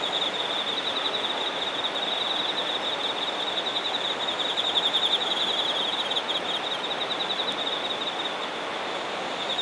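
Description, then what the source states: Insects singing in a steady chorus, a pulsing high trill held without a break, with a fainter very high buzzing above and a dense background hiss. Singing insects in Shinagawa, Japan.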